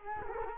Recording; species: mosquito wingbeat signal from an infrared sensor; Culex quinquefasciatus